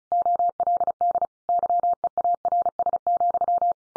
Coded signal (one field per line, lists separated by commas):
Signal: Morse code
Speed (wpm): 34 wpm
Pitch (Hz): 700 Hz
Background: none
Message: OLD YEARS,